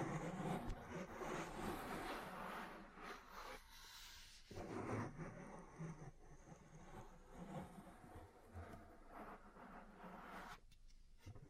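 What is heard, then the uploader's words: Rustling ear-cleaning and massage sounds fill the space, a dense scratchy friction with soft thumps and shuffles underneath. The texture shifts constantly, with brief near-silent pauses around four and again near eleven seconds. ASMR 3Dio Mic Test Ear Cleaning, Massage, Cupping, Tapping (No Talking).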